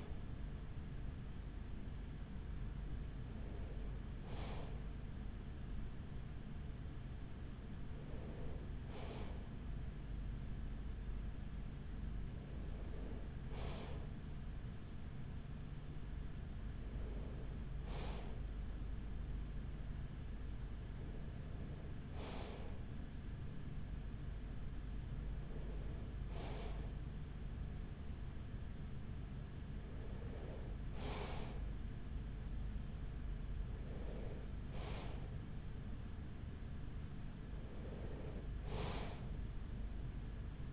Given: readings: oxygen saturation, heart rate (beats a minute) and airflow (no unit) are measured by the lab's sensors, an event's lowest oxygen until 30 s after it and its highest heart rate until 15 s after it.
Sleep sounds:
breathing in sleep by a smartphone at the bedside; none
30.00-40.73 s: new sleep stage, N2 (light sleep)
From the record:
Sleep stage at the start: N3 (deep sleep); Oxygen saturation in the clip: 94 to 95%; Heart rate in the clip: 42 to 45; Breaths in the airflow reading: 9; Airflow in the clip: -7.1 to 5.8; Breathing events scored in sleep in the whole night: 207 in 7.6 hours asleep

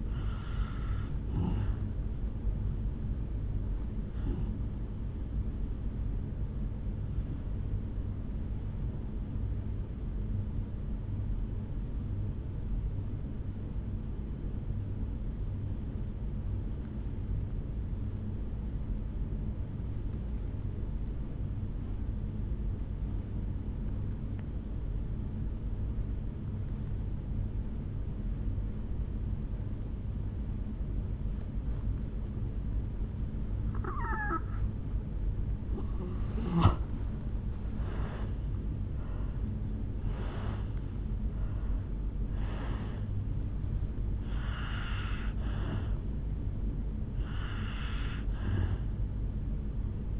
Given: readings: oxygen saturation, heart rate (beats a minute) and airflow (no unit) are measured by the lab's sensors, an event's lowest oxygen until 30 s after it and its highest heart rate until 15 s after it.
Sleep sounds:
breathing in sleep by a smartphone at the bedside; 1
11.00-33.10 s: obstructive apnea (N1, oxygen 97% highest, then 81% lowest, heart rate 51 at the start, 73 highest)
From the record:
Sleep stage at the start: N1 (lightest sleep); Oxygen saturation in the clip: 81 to 97%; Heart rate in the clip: 51 to 73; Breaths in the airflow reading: 7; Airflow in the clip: -13.2 to 5.4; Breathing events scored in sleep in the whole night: 449 in 7.0 hours asleep

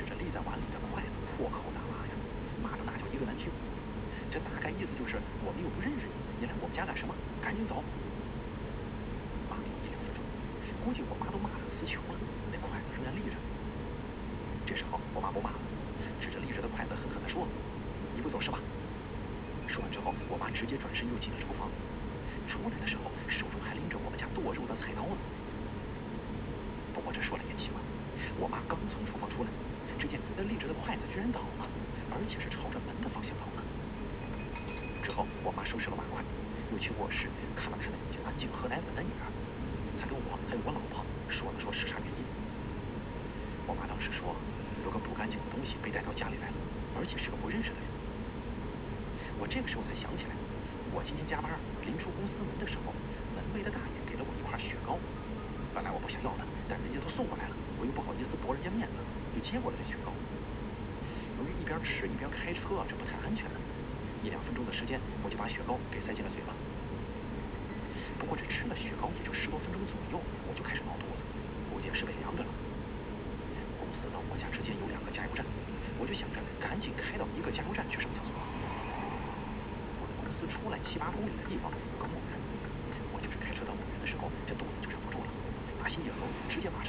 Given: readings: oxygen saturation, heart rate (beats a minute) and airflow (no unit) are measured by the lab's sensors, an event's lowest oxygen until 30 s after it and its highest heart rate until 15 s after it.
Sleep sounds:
breathing in sleep by a voice recorder at the bedside; none
9.00-86.89 s: new sleep stage, N2 (light sleep)
From the record:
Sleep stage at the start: N1 (lightest sleep); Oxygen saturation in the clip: 93 to 95%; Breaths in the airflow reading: 27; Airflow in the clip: -1.7 to 6.8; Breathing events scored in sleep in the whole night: 335 in 6.7 hours asleep

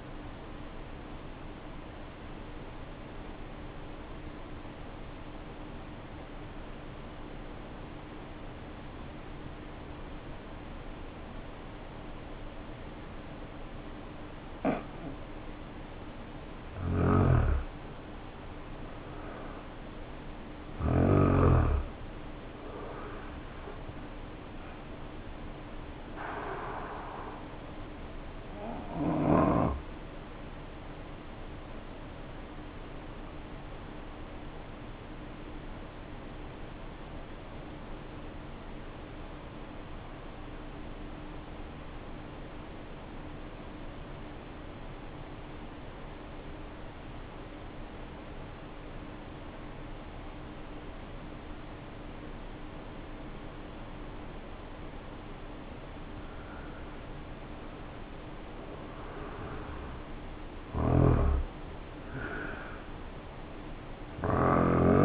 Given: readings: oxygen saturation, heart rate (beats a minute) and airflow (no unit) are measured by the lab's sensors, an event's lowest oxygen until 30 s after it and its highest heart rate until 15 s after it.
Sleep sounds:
breathing in sleep by a voice recorder at the bedside; 2
3.00-21.30 s: hypopnea (N1, oxygen 95% highest, then 81% lowest, heart rate 54 at the start, 69 highest)
3.00-63.00 s: new sleep stage, N2 (light sleep)
30.00-56.70 s: hypopnea (N2, oxygen 95% highest, then 80% lowest, heart rate 52 at the start, 72 highest)
63.00-65.05 s: new sleep stage, N1 (lightest sleep)
From the record:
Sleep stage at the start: N1 (lightest sleep); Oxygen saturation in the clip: 81 to 95%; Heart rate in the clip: 52 to 72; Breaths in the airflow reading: 7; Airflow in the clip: -4.8 to 8.1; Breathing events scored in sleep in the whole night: 520 in 7.2 hours asleep

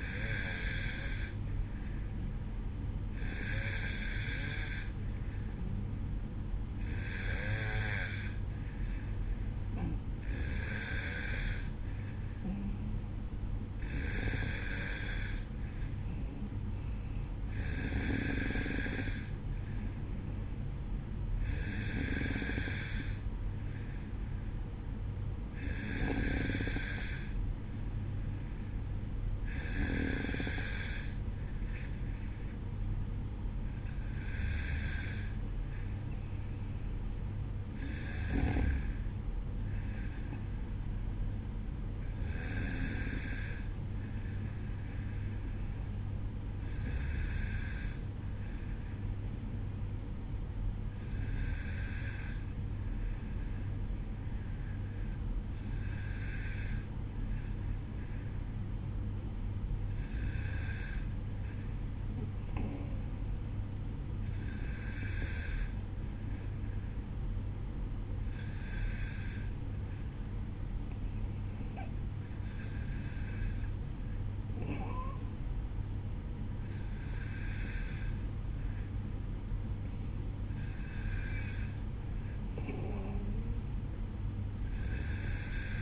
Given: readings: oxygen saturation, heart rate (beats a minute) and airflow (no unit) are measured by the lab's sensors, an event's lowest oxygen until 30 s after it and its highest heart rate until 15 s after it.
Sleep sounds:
breathing in sleep by a smartphone at the bedside; none
25.00-55.00 s: new sleep stage, N1 (lightest sleep)
55.00-85.82 s: new sleep stage, N2 (light sleep)
From the record:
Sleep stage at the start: N2 (light sleep); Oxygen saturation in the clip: 91 to 93%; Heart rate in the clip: 53 to 57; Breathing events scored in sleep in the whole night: 305 in 9.6 hours asleep

